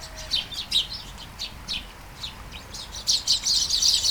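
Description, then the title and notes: Sparrows chirping in short separate notes, then a denser burst of chatter near the end. Flying sparrows in a garden at Taastrup, Denmark; early morning, light shower; recorded with Sony PCM-D100 internal mics. "Kærengen 8, 2630 Taastrup, Denmark - Flying sparrows. Flying sparrows in the garden, early morning. Light shower. Vols de moineaux dans le jardin, au petit matin. Pluie fine"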